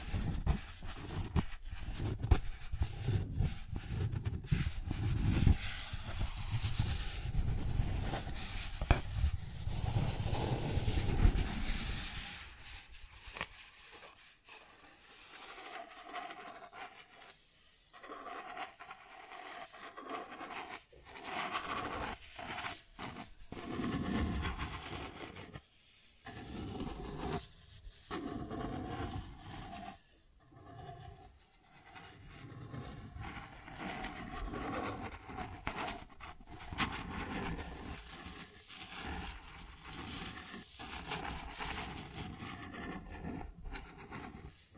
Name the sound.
Cardboard Scratching, Tracing, Tearing